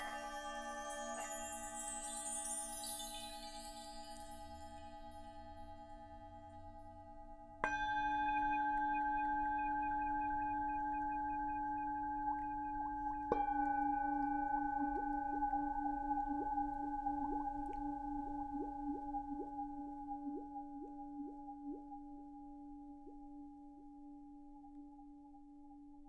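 Tibetan singing bowls are struck three times, near the start, at about eight seconds and again around thirteen seconds, each strike ringing into long, steady, layered tones. The ringing slowly fades, with faint wavering overtones pulsing above, and a low hum underneath throughout.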